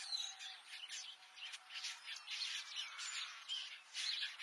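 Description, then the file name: Red-billed quelea chatter: continuous harsh, buzzy chirping in overlapping bursts, steady and busy throughout. "Canto do quelea de bico vermelho"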